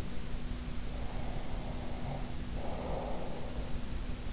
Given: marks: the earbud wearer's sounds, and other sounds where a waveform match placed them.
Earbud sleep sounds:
sounds in sleep by an in-ear microphone; breath
0.85-3.83 s: breath

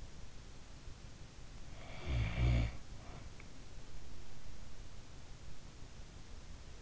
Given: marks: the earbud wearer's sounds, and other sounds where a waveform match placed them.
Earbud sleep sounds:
sounds in sleep by an in-ear microphone; snoring breath
1.51-3.51 s: snoring breath

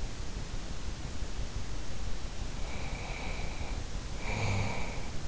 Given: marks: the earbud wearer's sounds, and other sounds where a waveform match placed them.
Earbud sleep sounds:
sounds in sleep by an in-ear microphone; snoring breath
2.55-5.14 s: snoring breath

